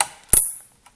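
The next diagonal push pin of a CPU cooler is pressed into its motherboard mounting hole and clicks in at 0.0 s. A louder broadband hit with a ringing high tone follows at about 0.3 s and fades by 0.7 s, and a faint tick comes at 0.9 s. The pin is seated.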